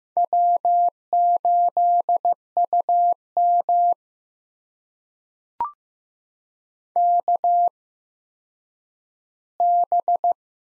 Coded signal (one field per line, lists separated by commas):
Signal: Morse code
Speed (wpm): 15 wpm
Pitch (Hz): 700 Hz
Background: none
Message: W8UM KB